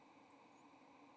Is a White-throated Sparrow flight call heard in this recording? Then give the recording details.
no. Another species' flight call is heard. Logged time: 08:34 on 30 October 2014